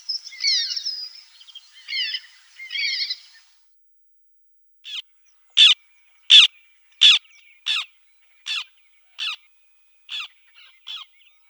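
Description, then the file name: White-winged tern giving harsh, grating calls: three buzzy rasping notes, a pause, then a series of short clipped notes. "Krachka belokrylaja"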